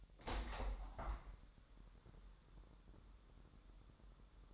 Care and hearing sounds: daily activity, microphone in the room; open window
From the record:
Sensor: 3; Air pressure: 1000.4 hPa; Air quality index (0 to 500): 248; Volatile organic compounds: 170 ppm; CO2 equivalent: 4104 ppm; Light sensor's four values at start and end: 10/23/9/9 and 10/24/10/10

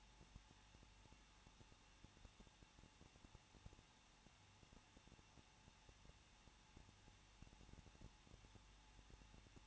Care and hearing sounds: daily activity, microphone in the room; no activity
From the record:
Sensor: 1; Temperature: 20.1 degrees Celsius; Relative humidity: 39.2%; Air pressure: 1006.3 hPa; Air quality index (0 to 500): 217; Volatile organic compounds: 77 ppm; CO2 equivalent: 3578 ppm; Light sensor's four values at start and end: 1/2/1/1 and 1/2/1/1

